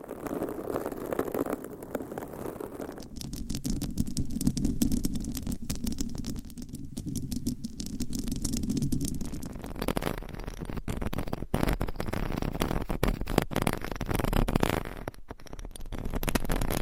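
Dense, continuous mic scratching with rapid rough rasps, deep and muffled at first, turning brighter and crisper after ten seconds.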